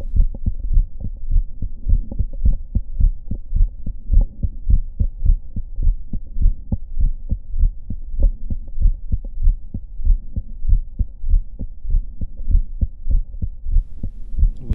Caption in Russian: Слушаем на верхушке сердца. Первый тон кажется широко расщепленным. Первый тон плюс аортальный тон изгнания в раннюю систолу. Высокочастотный раннесистолический аортальный тон изгнания – типичный симптом двустворчатого аортального клапана.